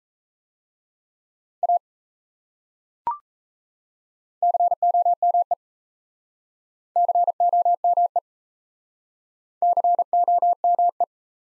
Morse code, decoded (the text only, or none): A COME COME COME